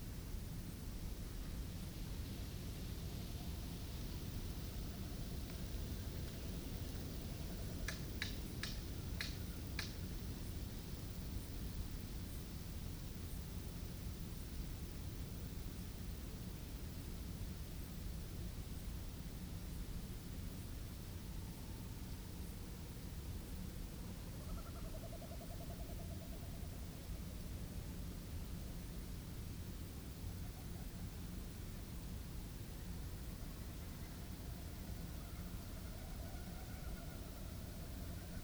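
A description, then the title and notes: A summer night in the bush on Ngarigo land, carried by a steady, dense rushing hiss with a strong low rumble underneath that never lets up. Around eight to ten seconds a few sharp clicking bursts cut through, and faint thin calls surface now and then later on. It's a summers night in the bush on Ngarigo land.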